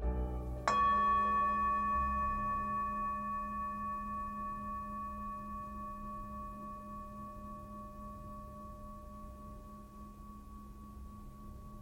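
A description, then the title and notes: A Tibetan singing bowl is struck just under a second in, after a brief stretch of softer ringing from an earlier tone. Its clear, pure tones, one high and bright, one low and humming, sustain and fade very slowly over the remaining eleven seconds, steady and unbroken. Tibetan singing bowls and rain sticks.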